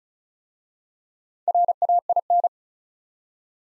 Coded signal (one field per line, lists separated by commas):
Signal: Morse code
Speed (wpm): 36 wpm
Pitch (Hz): 700 Hz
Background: none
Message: RAIN